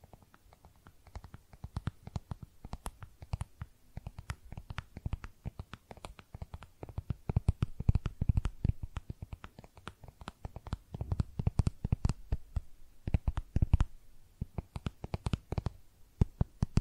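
Tapping and scratching on makeup containers, a dense run of sharp clicks and knocks that stays busy for the whole stretch. Some taps ring bright and crisp while others thud lower, with quicker flurries near eight, twelve and fifteen seconds over a faint soft hiss.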